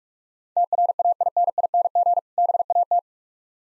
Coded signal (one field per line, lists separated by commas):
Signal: Morse code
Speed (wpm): 44 wpm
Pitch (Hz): 700 Hz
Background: none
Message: TRAINING BAT